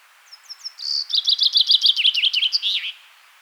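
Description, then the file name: Common chaffinch song: a few thin introductory notes, then a fast rattling series of bright notes that drops gradually in pitch and ends in a short flourish. "Fringilla coelebs"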